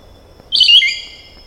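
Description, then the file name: Green oriole song: one short liquid whistled phrase of bright slurred notes that drops in pitch at the end, in a quiet background. "Canto do pirolle verde"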